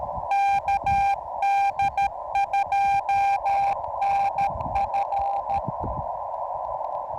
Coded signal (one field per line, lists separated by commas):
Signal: Morse code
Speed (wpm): 14 wpm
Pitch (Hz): 810 Hz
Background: none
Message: KD2NF